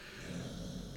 Yogi's snoring is so loud. She sounds like a pig.